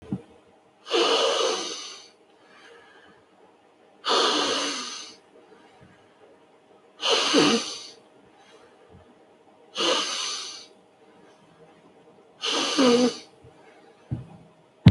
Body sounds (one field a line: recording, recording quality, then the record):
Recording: deep breathing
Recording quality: moderate, slight background noise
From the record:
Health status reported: healthy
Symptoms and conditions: none ticked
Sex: male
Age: 27 years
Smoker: yes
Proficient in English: yes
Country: India